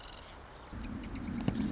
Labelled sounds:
Marsh Wren
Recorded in Sonoma County, California

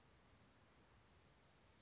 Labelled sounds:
California Towhee
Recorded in Sonoma County, California

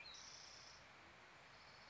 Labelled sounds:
Spotted Towhee
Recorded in Sonoma County, California

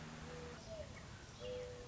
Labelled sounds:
Mourning Dove
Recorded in Sonoma County, California

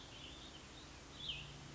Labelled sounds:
Cassin's Vireo
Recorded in Sonoma County, California

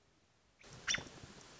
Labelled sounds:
American Robin
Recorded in Sonoma County, California

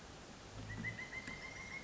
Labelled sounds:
Pileated Woodpecker
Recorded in Sonoma County, California

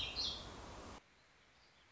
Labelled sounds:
Warbling Vireo
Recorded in Sonoma County, California

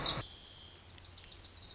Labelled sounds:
Wilson's Warbler
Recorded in Sonoma County, California

